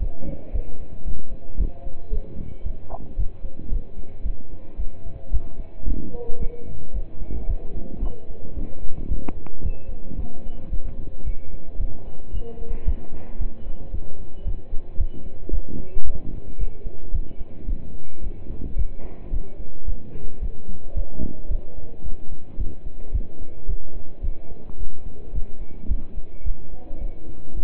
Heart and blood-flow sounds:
heart sounds by stethoscope; between the tricuspid and mitral areas; 111 bpm
0.01 s: heartbeat
0.54 s: heartbeat
1.07 s: heartbeat
1.60 s: heartbeat
2.12 s: heartbeat
2.66 s: heartbeat
3.18 s: heartbeat
3.72 s: heartbeat
4.25 s: heartbeat
4.79 s: heartbeat
5.33 s: heartbeat
5.87 s: heartbeat
6.41 s: heartbeat
6.95 s: heartbeat
7.49 s: heartbeat
8.02 s: heartbeat
8.56 s: heartbeat
9.10 s: heartbeat
9.64 s: heartbeat
10.18 s: heartbeat
10.72 s: heartbeat
11.26 s: heartbeat
11.80 s: heartbeat
12.34 s: heartbeat
12.87 s: heartbeat
13.40 s: heartbeat
13.94 s: heartbeat
14.46 s: heartbeat
14.99 s: heartbeat
15.53 s: heartbeat
16.06 s: heartbeat
16.60 s: heartbeat
17.14 s: heartbeat
17.68 s: heartbeat
18.23 s: heartbeat
18.78 s: heartbeat
19.33 s: heartbeat
19.87 s: heartbeat
20.42 s: heartbeat
20.96 s: heartbeat
21.50 s: heartbeat
22.05 s: heartbeat
22.59 s: heartbeat
23.14 s: heartbeat
23.69 s: heartbeat
24.24 s: heartbeat
24.79 s: heartbeat
25.35 s: heartbeat
25.90 s: heartbeat
26.46 s: heartbeat
27.01 s: heartbeat
27.56 s: heartbeat
From the record:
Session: pedaling a stationary bicycle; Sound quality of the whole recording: partially saturated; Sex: male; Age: 27 years

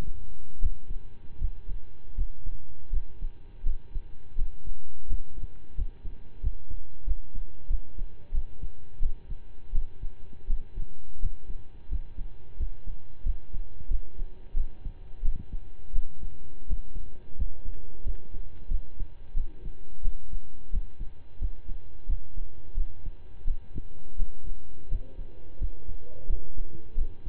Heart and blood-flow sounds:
heart sounds by stethoscope; between the tricuspid and mitral areas; 87 bpm
0.58 s: heartbeat
1.37 s: heartbeat
2.14 s: heartbeat
2.89 s: heartbeat
3.62 s: heartbeat
4.35 s: heartbeat
5.06 s: heartbeat
5.74 s: heartbeat
6.40 s: heartbeat
7.04 s: heartbeat
7.67 s: heartbeat
8.31 s: heartbeat
8.99 s: heartbeat
9.71 s: heartbeat
10.46 s: heartbeat
11.19 s: heartbeat
11.88 s: heartbeat
12.56 s: heartbeat
13.22 s: heartbeat
13.87 s: heartbeat
14.53 s: heartbeat
15.21 s: heartbeat
15.92 s: heartbeat
16.65 s: heartbeat
17.35 s: heartbeat
18.03 s: heartbeat
18.68 s: heartbeat
19.33 s: heartbeat
20.01 s: heartbeat
20.69 s: heartbeat
21.38 s: heartbeat
22.06 s: heartbeat
22.74 s: heartbeat
23.44 s: heartbeat
24.16 s: heartbeat
24.88 s: heartbeat
25.58 s: heartbeat
26.26 s: heartbeat
26.94 s: heartbeat
From the record:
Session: slow and fast walking with breaks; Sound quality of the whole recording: saturated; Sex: male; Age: 25 years

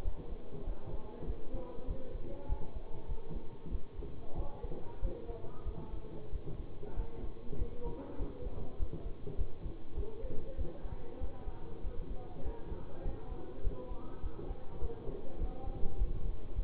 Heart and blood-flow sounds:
heart sounds by stethoscope; between the tricuspid and mitral areas; 98 bpm
0.02 s: heartbeat
0.64 s: heartbeat
1.24 s: heartbeat
1.85 s: heartbeat
2.46 s: heartbeat
3.06 s: heartbeat
3.69 s: heartbeat
4.34 s: heartbeat
4.99 s: heartbeat
5.63 s: heartbeat
6.29 s: heartbeat
6.94 s: heartbeat
7.56 s: heartbeat
8.16 s: heartbeat
8.76 s: heartbeat
9.35 s: heartbeat
9.94 s: heartbeat
10.55 s: heartbeat
11.18 s: heartbeat
11.81 s: heartbeat
12.42 s: heartbeat
13.02 s: heartbeat
13.61 s: heartbeat
14.20 s: heartbeat
14.79 s: heartbeat
15.38 s: heartbeat
15.95 s: heartbeat
16.52 s: heartbeat
From the record:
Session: bicycle stress test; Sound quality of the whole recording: good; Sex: male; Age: 24 years

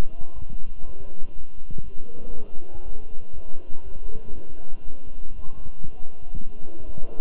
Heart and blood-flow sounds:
heart sounds by stethoscope; between the tricuspid and mitral areas; 120 bpm
0.34 s: heartbeat
0.85 s: heartbeat
1.35 s: heartbeat
1.84 s: heartbeat
2.33 s: heartbeat
2.84 s: heartbeat
3.34 s: heartbeat
3.84 s: heartbeat
4.33 s: heartbeat
4.84 s: heartbeat
5.35 s: heartbeat
5.84 s: heartbeat
6.34 s: heartbeat
6.85 s: heartbeat
From the record:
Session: walking at 3.7 km/h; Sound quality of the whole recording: good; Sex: male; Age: 23 years

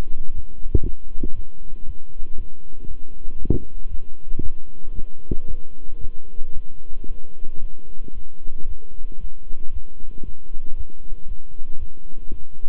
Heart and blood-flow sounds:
heart sounds by stethoscope; between the tricuspid and mitral areas; 115 bpm
0.33 s: heartbeat
0.84 s: heartbeat
1.34 s: heartbeat
1.85 s: heartbeat
2.35 s: heartbeat
2.87 s: heartbeat
3.38 s: heartbeat
3.89 s: heartbeat
4.41 s: heartbeat
4.93 s: heartbeat
5.46 s: heartbeat
5.99 s: heartbeat
6.53 s: heartbeat
7.06 s: heartbeat
7.59 s: heartbeat
8.13 s: heartbeat
8.66 s: heartbeat
9.19 s: heartbeat
9.71 s: heartbeat
10.23 s: heartbeat
10.75 s: heartbeat
11.26 s: heartbeat
11.77 s: heartbeat
12.28 s: heartbeat
From the record:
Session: walking at 3.7 km/h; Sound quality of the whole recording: good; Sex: male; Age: 26 years

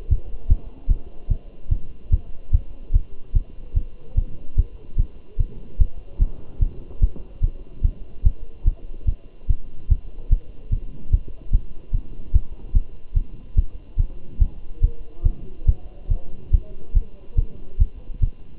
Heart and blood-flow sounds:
heart sounds by stethoscope; between the tricuspid and mitral areas; 146 bpm
0.12 s: heartbeat
0.51 s: heartbeat
0.90 s: heartbeat
1.31 s: heartbeat
1.72 s: heartbeat
2.13 s: heartbeat
2.54 s: heartbeat
2.95 s: heartbeat
3.36 s: heartbeat
3.77 s: heartbeat
4.18 s: heartbeat
4.58 s: heartbeat
4.99 s: heartbeat
5.40 s: heartbeat
5.80 s: heartbeat
6.22 s: heartbeat
6.62 s: heartbeat
7.03 s: heartbeat
7.44 s: heartbeat
7.84 s: heartbeat
8.26 s: heartbeat
8.67 s: heartbeat
9.09 s: heartbeat
9.50 s: heartbeat
9.91 s: heartbeat
10.32 s: heartbeat
10.73 s: heartbeat
11.13 s: heartbeat
11.54 s: heartbeat
11.94 s: heartbeat
12.35 s: heartbeat
12.76 s: heartbeat
13.17 s: heartbeat
13.58 s: heartbeat
14.00 s: heartbeat
14.41 s: heartbeat
14.83 s: heartbeat
15.26 s: heartbeat
15.68 s: heartbeat
16.11 s: heartbeat
16.53 s: heartbeat
16.96 s: heartbeat
17.38 s: heartbeat
17.81 s: heartbeat
18.23 s: heartbeat
From the record:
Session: Bruce protocol treadmill stress test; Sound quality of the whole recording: good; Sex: male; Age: 27 years

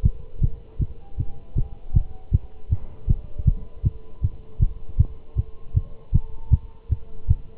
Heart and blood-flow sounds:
heart sounds by stethoscope; between the tricuspid and mitral areas; 157 bpm
0.04 s: heartbeat
0.42 s: heartbeat
0.81 s: heartbeat
1.19 s: heartbeat
1.57 s: heartbeat
1.95 s: heartbeat
2.33 s: heartbeat
2.71 s: heartbeat
3.09 s: heartbeat
3.47 s: heartbeat
3.85 s: heartbeat
4.23 s: heartbeat
4.61 s: heartbeat
4.99 s: heartbeat
5.37 s: heartbeat
5.76 s: heartbeat
6.14 s: heartbeat
6.52 s: heartbeat
6.91 s: heartbeat
7.29 s: heartbeat
From the record:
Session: Bruce protocol treadmill stress test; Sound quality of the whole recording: good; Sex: male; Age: 25 years

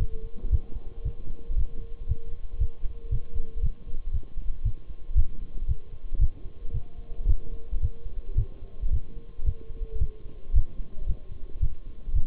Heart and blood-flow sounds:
heart sounds by stethoscope; between the tricuspid and mitral areas; 113 bpm
0.52 s: heartbeat
1.05 s: heartbeat
1.58 s: heartbeat
2.09 s: heartbeat
2.61 s: heartbeat
3.12 s: heartbeat
3.63 s: heartbeat
4.14 s: heartbeat
4.65 s: heartbeat
5.17 s: heartbeat
5.69 s: heartbeat
6.21 s: heartbeat
6.74 s: heartbeat
7.28 s: heartbeat
7.82 s: heartbeat
8.38 s: heartbeat
8.92 s: heartbeat
9.46 s: heartbeat
10.01 s: heartbeat
10.55 s: heartbeat
11.08 s: heartbeat
11.62 s: heartbeat
12.15 s: heartbeat
From the record:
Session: Bruce protocol treadmill stress test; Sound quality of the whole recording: partially saturated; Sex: male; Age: 23 years

